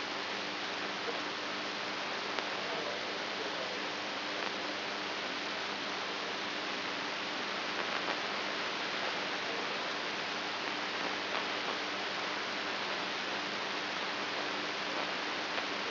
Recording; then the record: brain microelectrode recording played as sound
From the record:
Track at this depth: outside the subthalamic nucleus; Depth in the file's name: 5.512 mm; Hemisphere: right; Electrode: 2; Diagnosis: Parkinson's disease